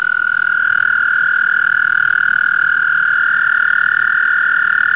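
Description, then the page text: American toad giving a sustained, even-pitched trill throughout, with no other clear sounds. "звуки амфибий - Bufo americanus"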